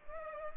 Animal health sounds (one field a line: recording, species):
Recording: mosquito wingbeat signal from an infrared sensor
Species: Culex pipiens